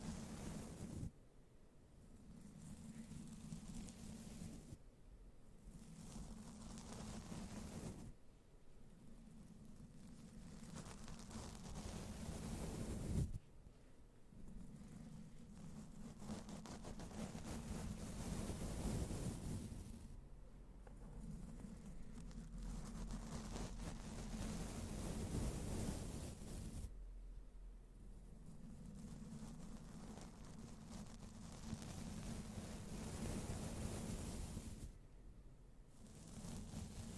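Slow, gentle brushing across a microphone, heard as soft, rumbling whooshes with a steady low hum beneath. Strokes fall every few seconds, each swelling and fading, with a sharper scrape near the thirteen-second mark and brief quieter gaps between passes.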